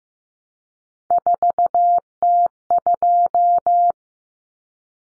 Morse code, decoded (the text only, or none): 4T2